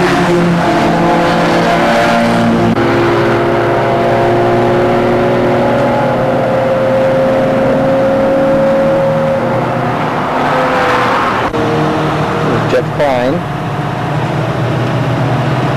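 A Datsun 510 is driven around Portland International Raceway, its engine droning steadily with a low rumble and shifting whine tones that rise and fall as it revs. Around eleven seconds it gets rougher, then a short wavering tone warbles near thirteen seconds.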